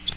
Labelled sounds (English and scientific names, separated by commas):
Yellow-rumped Warbler (Setophaga coronata) flight call